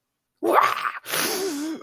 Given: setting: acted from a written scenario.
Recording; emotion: vocal sound without words; fear